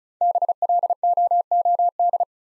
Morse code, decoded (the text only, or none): BLOOD